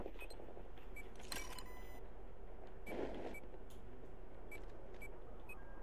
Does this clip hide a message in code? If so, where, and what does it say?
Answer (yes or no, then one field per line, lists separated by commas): no